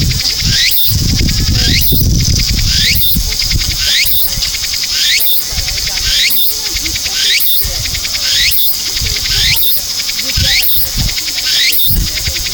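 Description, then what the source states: Walker's cicada song, loud rhythmic phrases, each a rising buzzy sweep repeated about once a second, over a constant high-pitched insect drone. Recorded 23 September 2011.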